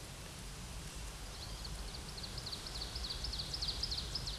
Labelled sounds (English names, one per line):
Ovenbird song